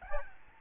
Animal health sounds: mosquito wingbeat signal from an infrared sensor; Aedes albopictus

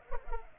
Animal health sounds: mosquito wingbeat signal from an infrared sensor; Culex pipiens

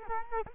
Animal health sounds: mosquito wingbeat signal from an infrared sensor; Culex quinquefasciatus

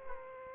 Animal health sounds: mosquito wingbeat signal from an infrared sensor; Aedes aegypti

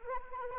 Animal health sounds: mosquito wingbeat signal from an infrared sensor; Anopheles arabiensis

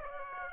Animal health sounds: mosquito wingbeat signal from an infrared sensor; Aedes aegypti

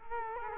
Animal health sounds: mosquito wingbeat signal from an infrared sensor; Culex quinquefasciatus

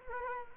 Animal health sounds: mosquito wingbeat signal from an infrared sensor; Culex quinquefasciatus

